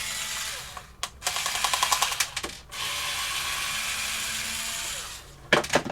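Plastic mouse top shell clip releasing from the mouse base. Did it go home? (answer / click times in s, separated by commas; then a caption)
released / 5.5 s. After the two screws are removed from the underside of a plastic computer mouse, its top shell is separated from the base. Steady ratcheting, whirring bursts with quick ticks around 1.3 to 2.2 s fill most of the clip. A sharp click at 5.5 s marks the rear clip releasing and the shell popping open.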